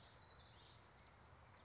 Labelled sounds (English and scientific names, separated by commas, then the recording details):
California Towhee (Melozone crissalis)
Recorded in Sonoma County, California